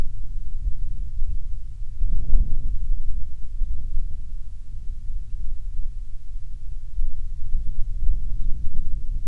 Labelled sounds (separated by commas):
songbird, wind